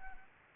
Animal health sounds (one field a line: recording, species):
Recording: mosquito wingbeat signal from an infrared sensor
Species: Anopheles arabiensis